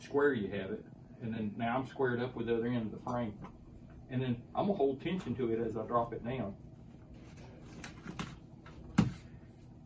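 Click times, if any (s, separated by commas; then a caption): 9.0 s. While stretching a screen, someone talks as they square up the mesh with the other end of the frame and hold tension on it while dropping it down. At 9.0 s the mesh locking strip gives a short, sharp click as it seats in the channel of the aluminium screen-printing frame, locking in place.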